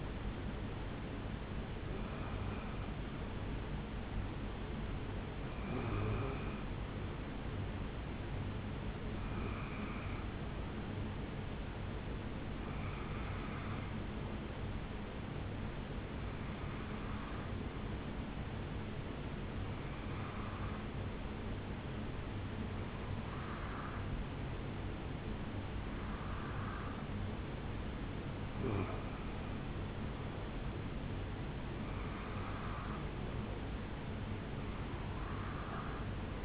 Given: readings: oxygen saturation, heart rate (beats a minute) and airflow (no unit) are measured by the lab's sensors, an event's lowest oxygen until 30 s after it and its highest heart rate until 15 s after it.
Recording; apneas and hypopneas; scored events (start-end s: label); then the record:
breathing in sleep by a voice recorder at the bedside; 1
11.00-29.20 s: hypopnea (N1, oxygen 97% highest, then 93% lowest, heart rate 71 at the start, 77 highest)
From the record:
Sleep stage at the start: N1 (lightest sleep); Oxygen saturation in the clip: 86 to 97%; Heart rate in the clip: 69 to 77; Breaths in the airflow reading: 11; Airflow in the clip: -6.8 to 4.0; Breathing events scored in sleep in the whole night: 449 in 7.0 hours asleep